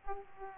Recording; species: mosquito wingbeat signal from an infrared sensor; Aedes aegypti